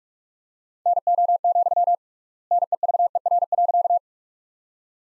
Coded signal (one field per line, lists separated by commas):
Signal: Morse code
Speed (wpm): 46 wpm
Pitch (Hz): 700 Hz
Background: none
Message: NO, NEVER.